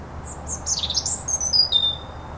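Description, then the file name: European robin song phrase: quick, jumbled high notes that rise into a bright run of thin whistles, each lower than the last, over soft hiss. "Erithacus rubecula"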